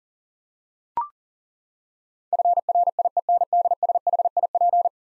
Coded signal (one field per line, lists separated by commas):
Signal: Morse code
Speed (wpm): 40 wpm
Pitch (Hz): 700 Hz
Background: none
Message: FRIENDSHIP